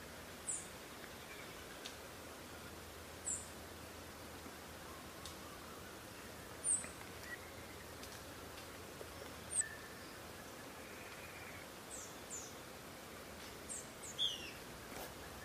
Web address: Blue Dacnis. صدای-پرنده-توتخوار-آبی